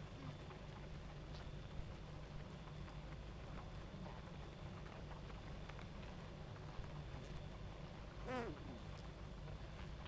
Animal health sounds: honeybee colony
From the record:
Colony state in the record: active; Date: 28 July 2017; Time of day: 23:47

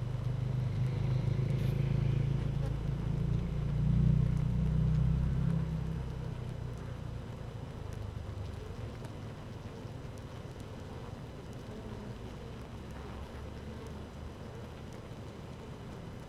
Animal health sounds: honeybee colony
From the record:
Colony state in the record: active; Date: 12 June 2018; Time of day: 15:08

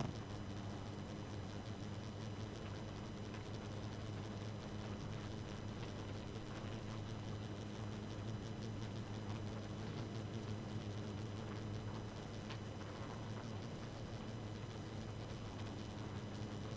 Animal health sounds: honeybee colony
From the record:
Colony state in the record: active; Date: 12 June 2018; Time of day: 2:15

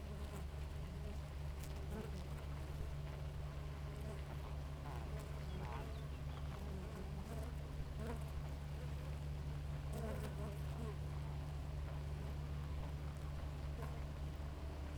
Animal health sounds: honeybee colony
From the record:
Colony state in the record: active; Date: 28 July 2017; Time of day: 4:46

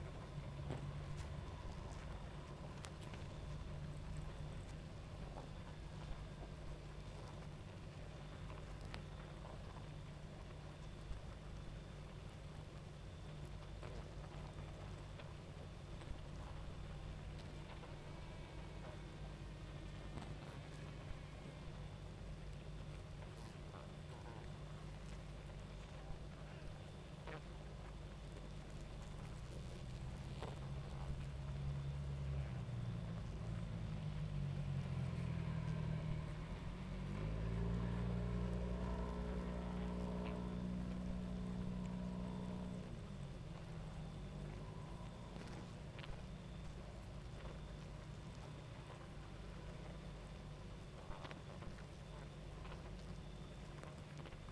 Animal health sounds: honeybee colony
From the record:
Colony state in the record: active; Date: 28 July 2017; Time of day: 22:58

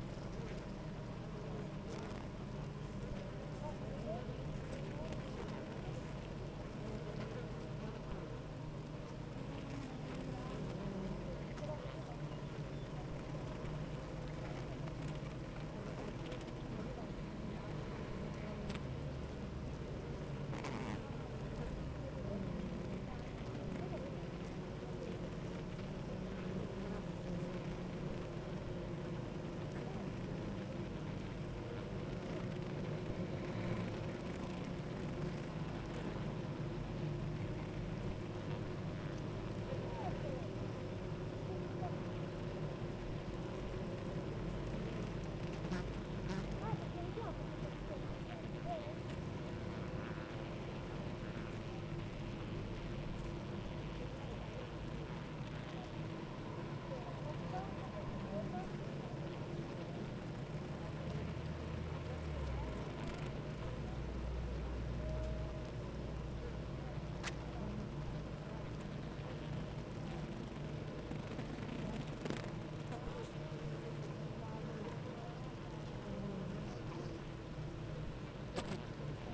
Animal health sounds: honeybee colony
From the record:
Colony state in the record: active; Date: 28 July 2017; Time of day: 8:45

